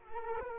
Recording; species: mosquito wingbeat signal from an infrared sensor; Culex quinquefasciatus